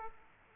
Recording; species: mosquito wingbeat signal from an infrared sensor; Aedes aegypti